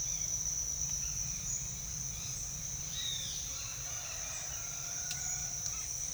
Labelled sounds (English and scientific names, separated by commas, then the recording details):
none
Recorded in secondary vegetation near Puerto Asís, Putumayo, Colombia, on 30 June 2025 at 08:30
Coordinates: 0.498, -76.327
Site GP09